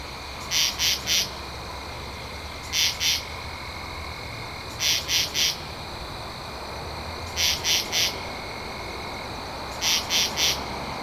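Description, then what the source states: Katydid repeating harsh pulse groups, mostly three pulses each, five groups at intervals of about two seconds, over a continuous faint high drone. Recorded 2 October 2012.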